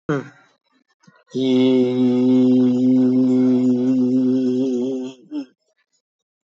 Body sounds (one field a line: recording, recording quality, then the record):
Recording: sustained vowel as in beet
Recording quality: moderate, slight background noise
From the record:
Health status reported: healthy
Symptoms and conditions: none ticked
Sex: male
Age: 64 years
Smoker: not ticked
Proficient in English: yes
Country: India